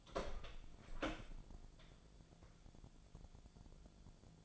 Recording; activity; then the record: daily activity, microphone in the room; open door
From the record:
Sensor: 5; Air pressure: 1000.6 hPa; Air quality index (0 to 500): 151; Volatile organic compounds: 2 ppm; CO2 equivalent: 1164 ppm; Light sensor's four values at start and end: 51/119/50/54 and 51/119/50/53